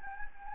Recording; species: mosquito wingbeat signal from an infrared sensor; Anopheles gambiae